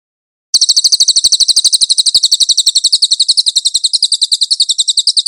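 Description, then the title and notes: Cililin song: a fast, high, buzzy chattering trill of evenly repeated notes that starts after a short silence and runs without a break. Cililin song for cage-bird training. "SUARA BURUNG CILILIN. CICILIN"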